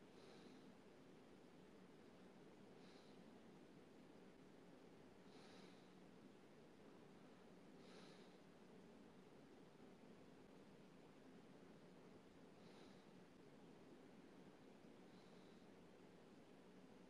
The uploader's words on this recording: Second half is mainly just breathing and light movement.